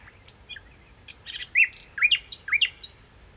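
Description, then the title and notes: Common nightingale song: a varied phrase of sharp chips building into loud, hooked whistled notes, repeated rapidly over just over a second. Song recorded 1 May 2019 in the Crau, Bouches-du-Rhône, France, on a Nagra recorder comparing cardioid and omnidirectional microphones. "Crau - Bouches du Rhône. Rossignol philomèle"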